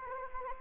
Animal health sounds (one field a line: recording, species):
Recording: mosquito wingbeat signal from an infrared sensor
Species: Anopheles arabiensis